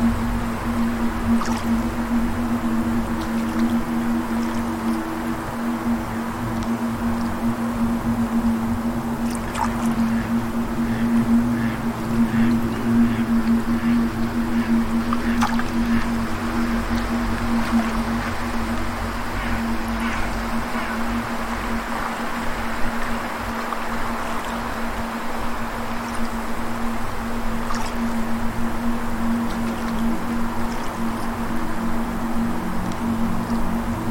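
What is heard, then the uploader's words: Wind and water make a steady, dense wash, with a constant low droning hum underneath that never changes. Brief chirps and clicks, likely birds or frogs, break through now and then, most clearly around 10, 15 and 28 seconds. Nature Symphony: Wind, Birds, Water, and Frogs in Harmony.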